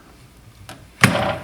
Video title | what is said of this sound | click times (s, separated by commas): Studio Use and Safety 1 | angles right here, and if I go over, you can see it'll snap right in at a 45. | 1.0 s